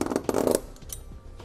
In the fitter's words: So when you tighten it up and you hear that snap into place, that chain's going to be a little bit tighter.